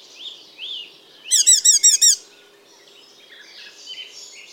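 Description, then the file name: Icterine warbler giving a quick burst of five loud, squeaky notes between soft, faint warbling phrases. "Ruud van Beusekom - Zelenaya peresmeshka Hippolais icterina"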